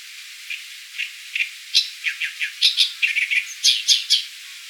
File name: Acrocephalus orientalis